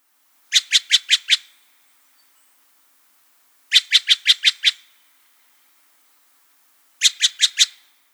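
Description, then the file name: Steller's jay call: three series of four to six harsh, rasping notes in rapid succession, each series separated by about two seconds of silence. "Ouest-Geai de Steller- cri"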